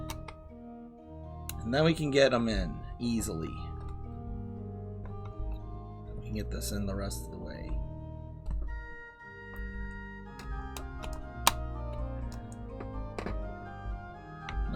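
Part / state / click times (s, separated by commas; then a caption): plastic deck structure part into the Titanic model's boat deck / seated / 11.5 s. A plastic boat deck structure part is pushed the rest of the way into the boat deck of a Titanic scale model while someone talks over background music. It snaps into place with a sharp click at 11.5 s, seated.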